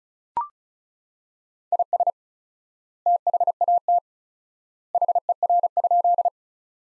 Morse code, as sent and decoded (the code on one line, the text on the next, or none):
.. ... / - .... .- - / .... . .-. ..--..
IS THAT HER?